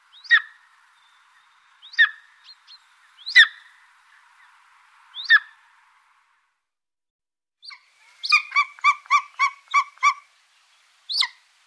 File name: Kungsörn